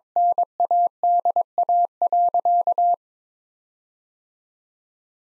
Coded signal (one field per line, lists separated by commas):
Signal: Morse code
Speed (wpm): 22 wpm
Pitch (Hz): 700 Hz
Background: none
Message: NADA.